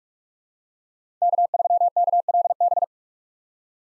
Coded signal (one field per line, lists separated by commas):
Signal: Morse code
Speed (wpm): 42 wpm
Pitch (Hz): 700 Hz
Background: none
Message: K3KLB